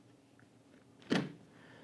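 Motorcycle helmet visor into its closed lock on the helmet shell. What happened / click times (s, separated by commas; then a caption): The plastic visor latch snapped shut / 1.2 s. The plastic face shield of an Arai Defiant-X full-face motorcycle helmet (new for 2018) is pushed down into its closed position. At 1.2 s its lock on the helmet shell clicks shut with one sharp snap, sealing the shield against the helmet to cut wind noise. The visor is locked in place.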